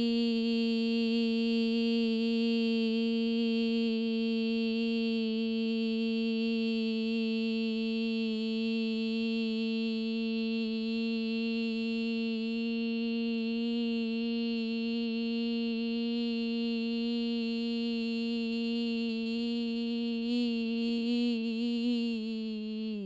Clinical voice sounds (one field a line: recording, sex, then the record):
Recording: sustained vowel /i/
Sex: female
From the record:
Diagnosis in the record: Parkinson's disease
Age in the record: 54 years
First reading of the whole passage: 55 s, 9.4 characters per second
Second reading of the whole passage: 50 s, 10.4 characters per second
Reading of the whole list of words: 55 s, 5.1 characters per second